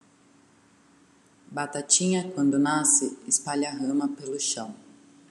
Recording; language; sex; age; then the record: short text; Brazilian Portuguese; female; 30 to 39 years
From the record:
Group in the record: control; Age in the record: 31 years